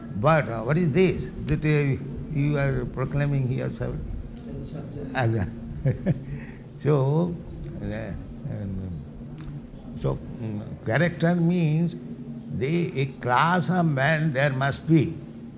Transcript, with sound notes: But what is this, that you are proclaiming yourself as a... [chuckles] So character means a class of men there must be,